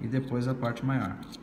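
Someone talks while handling a plastic credit-card-style folding knife, getting ready to fold its larger section over and press it onto the small locating pins of the card body. Nothing has seated or clicked onto the pins yet.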